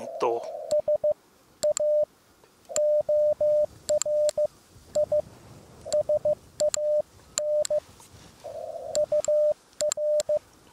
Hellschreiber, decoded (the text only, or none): none